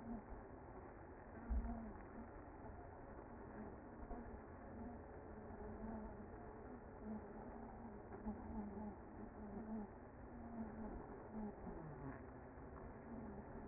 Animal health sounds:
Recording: honeybee colony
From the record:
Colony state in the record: active

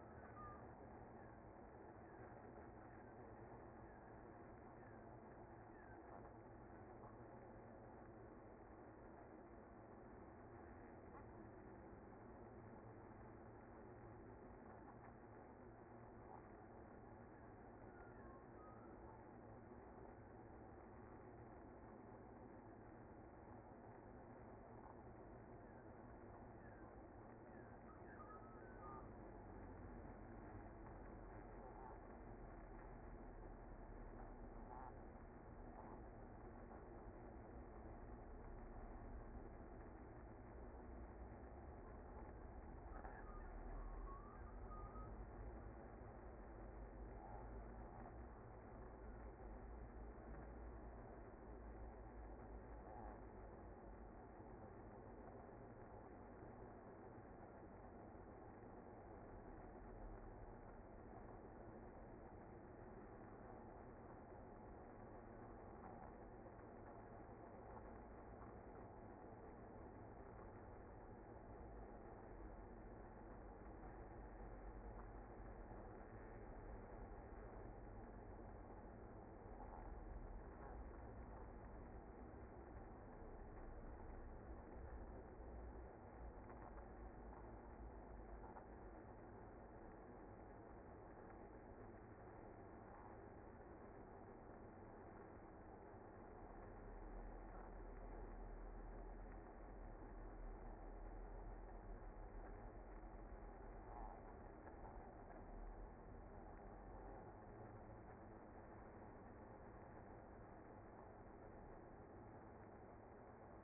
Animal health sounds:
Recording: honeybee colony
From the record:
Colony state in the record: active

